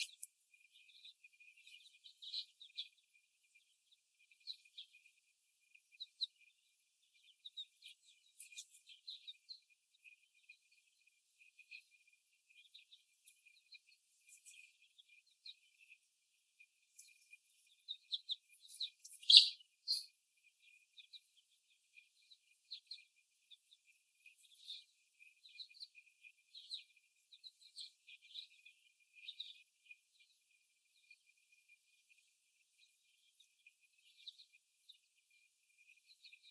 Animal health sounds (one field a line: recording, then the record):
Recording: young laying hens in a cage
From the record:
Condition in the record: before the stressor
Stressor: simulated dog barking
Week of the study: 1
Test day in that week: 1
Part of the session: 4